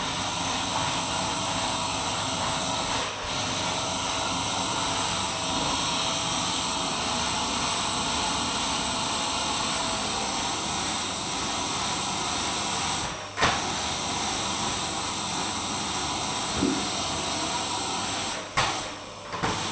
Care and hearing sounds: daily activity, microphone in the room; vacuum cleaning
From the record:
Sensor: 1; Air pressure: 994.4 hPa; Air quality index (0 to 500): 217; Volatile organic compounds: 1000 ppm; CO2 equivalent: 7749 ppm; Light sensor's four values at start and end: 51/111/50/54 and 52/115/51/54

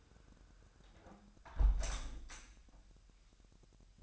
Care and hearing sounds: daily activity, microphone in the room; close window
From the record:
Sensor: 2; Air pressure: 999.8 hPa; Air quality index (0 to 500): 228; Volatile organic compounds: 60 ppm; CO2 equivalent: 3413 ppm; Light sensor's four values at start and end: 8/20/8/8 and 8/19/8/8

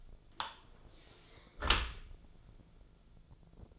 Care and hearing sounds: daily activity, microphone in the room; close dishwasher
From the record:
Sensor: 5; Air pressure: 1000.6 hPa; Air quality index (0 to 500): 164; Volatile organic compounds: 2 ppm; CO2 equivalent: 1257 ppm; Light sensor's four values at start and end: 48/109/47/51 and 47/107/46/50

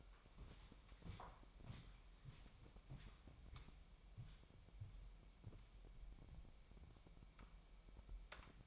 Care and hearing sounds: daily activity, microphone in the room; walk to room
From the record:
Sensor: 1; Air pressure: 1002.0 hPa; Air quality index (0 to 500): 247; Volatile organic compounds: 52 ppm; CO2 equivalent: 3324 ppm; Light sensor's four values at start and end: 7/17/7/7 and 7/17/7/8

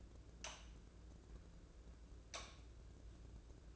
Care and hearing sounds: daily activity, microphone in the room; light off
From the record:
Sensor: 2

